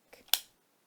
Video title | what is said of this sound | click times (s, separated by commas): Information on URIS Group B health care needs for bus drivers (includes Lorazepam) | firmly press the orange tip into the outer middle thigh until you hear it click | 0.3 s